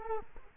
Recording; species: mosquito wingbeat signal from an infrared sensor; Culex quinquefasciatus